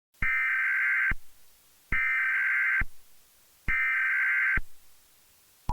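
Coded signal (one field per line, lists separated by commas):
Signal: Emergency Alert System (SAME) tones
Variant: header bursts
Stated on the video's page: Fictional EAS scenario.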